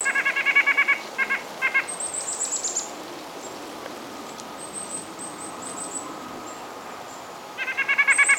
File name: Sitta carolinensis - White-breasted Nuthatch